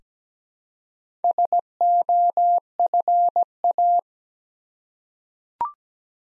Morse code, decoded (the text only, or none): SOFA